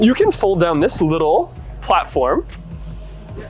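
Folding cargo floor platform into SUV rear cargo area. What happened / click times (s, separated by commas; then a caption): Handled, not yet home: no seating click heard / none. In the rear cargo area of a 2025 Lexus LX700h SUV, a folding cargo-floor platform panel is being folded down over the raised third-row area, where the hybrid batteries sit underneath, while someone talks over faint background music. Nothing has seated or clicked into place yet by the end of the clip.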